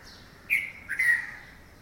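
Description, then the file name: Red-vented bulbul calls, two short scratchy notes in quick succession, the second longer, over quiet hiss. "Pycnonotus cafer - Red-vented Bulbul"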